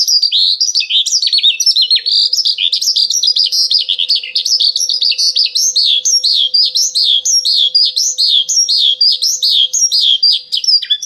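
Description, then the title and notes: Bird song, a rapid series of high, swooping chirps repeated in quick succession, with a faint steady hum underneath. Birdsong recording used to train (master) pet birds. "Suara Burung. Suara Kicauan Burung untuk memaster burung kesayangan"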